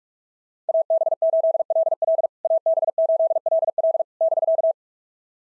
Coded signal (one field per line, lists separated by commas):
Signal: Morse code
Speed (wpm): 44 wpm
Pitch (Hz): 650 Hz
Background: none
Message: AB8LL AB8LL <BK>